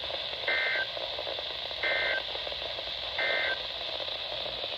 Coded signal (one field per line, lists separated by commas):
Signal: Emergency Alert System (SAME) tones